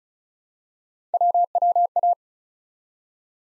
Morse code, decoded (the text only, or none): WWA